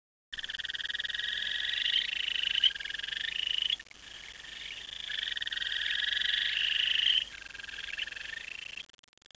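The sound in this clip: Frog calling in a fast, continuous rattling trill of high pulses, dropping in loudness twice before stopping.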